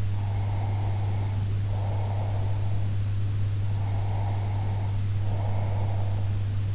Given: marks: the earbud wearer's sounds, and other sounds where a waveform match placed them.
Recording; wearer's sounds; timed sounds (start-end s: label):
sounds in sleep by an in-ear microphone; breath
0.14-2.94 s: breath
3.62-6.25 s: breath